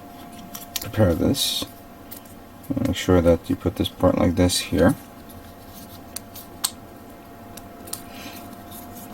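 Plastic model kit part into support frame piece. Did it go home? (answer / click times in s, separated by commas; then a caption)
yes / 6.7 s. A plastic part for the weapon support frame of an MG Full Armor Unicorn Gundam model kit is positioned and pushed into its mating plastic part while someone talks. Soft handling and rubbing noises lead to a sharp snap at 6.7 s, followed by a few light ticks. The part is seated in place.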